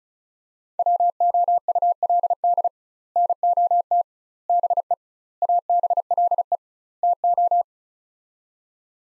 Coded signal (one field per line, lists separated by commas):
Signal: Morse code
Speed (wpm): 36 wpm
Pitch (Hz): 700 Hz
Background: none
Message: WOULD NOT BE ABLE TO